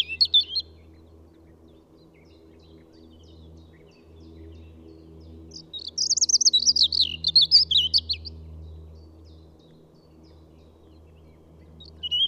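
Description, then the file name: European robin singing brief high phrases: a short trill at the start, a longer liquid, twittering phrase after a silent gap, then a fresh phrase just starting, with faint low background hum. "Erithacus rubecula"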